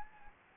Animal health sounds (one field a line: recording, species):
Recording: mosquito wingbeat signal from an infrared sensor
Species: Anopheles gambiae